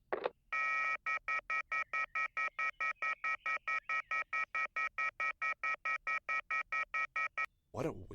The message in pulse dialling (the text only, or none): none